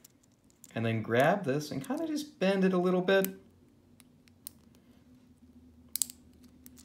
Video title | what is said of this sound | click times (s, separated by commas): Toy Oscilloscope Assembly | until it snaps in | 6.0 s